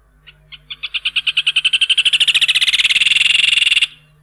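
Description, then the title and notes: Rufous hornero calling: a loud ringing series of sharp notes that starts slow and quickly speeds into a fast, even rattle for about three seconds, then stops abruptly. In Argentina. "Museo de Ciencias de Bahía Blanca. Hornero (Furnarius rufus). ha sido elegido como el ave nacional de la Argentina"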